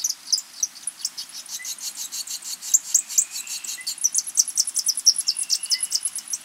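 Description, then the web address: White-lined sac-winged bat chirps pulsing in a steady rapid series, with a few faint short tones underneath. South American rainforest mammal. "Natures Songs S America Mammals of the Rainforest White-lined sac-winged bat"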